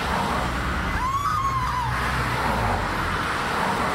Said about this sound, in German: And when I first moved to the city, it was difficult to cross the street. There was just too many sounds. I almost see sound. I want you to listen to the sound of the street now.